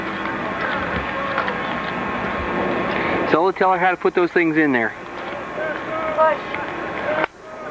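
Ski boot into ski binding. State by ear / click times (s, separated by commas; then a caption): seated / 7.2 s. A ski boot is pressed down into a ski binding until the binding snaps closed, seating with a sharp click at 7.2 s. Someone talks over a steady background noise before the click, and the sound level drops right after it.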